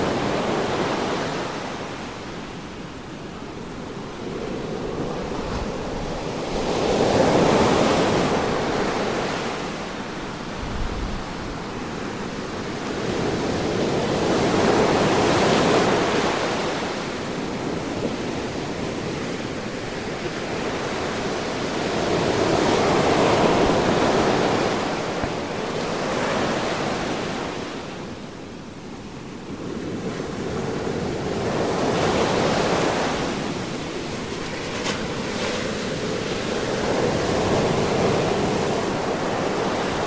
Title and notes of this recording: Peaceful Ocean Waves. The gentle ebb and flow of the sea